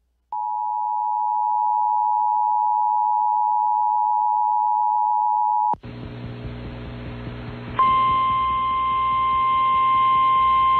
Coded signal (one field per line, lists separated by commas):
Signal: Emergency Alert System (SAME) tones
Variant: 853 and 960 Hz attention tone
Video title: EAS Timeline October Upper Midwest Storms NOAA Weather Radio (SVRs and a TOR) +WeatherSTAR4000